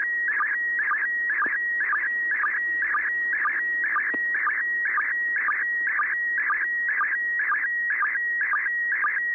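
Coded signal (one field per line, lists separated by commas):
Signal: SSTV (slow-scan television)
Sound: steady whistle near 1.9 kHz interrupted twice a second by warbling, chirping bursts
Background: faint radio hiss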